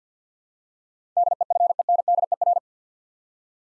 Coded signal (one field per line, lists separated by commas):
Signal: Morse code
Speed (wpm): 50 wpm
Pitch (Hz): 700 Hz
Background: none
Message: DEFENDER